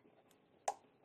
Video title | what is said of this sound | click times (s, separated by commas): Cleaning & Maintaining Your Harvest Right Freeze Dryer (HOW TO) | there little click I heard it | 0.7 s